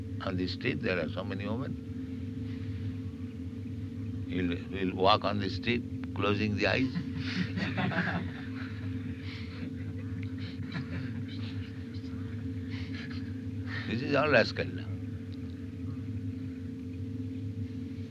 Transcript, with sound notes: On the street there are so many women. He will walk on the street closing the eyes? [laughter] This is all rascaldom.